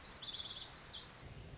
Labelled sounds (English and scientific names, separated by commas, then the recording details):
Lazuli Bunting (Passerina amoena)
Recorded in Sonoma County, California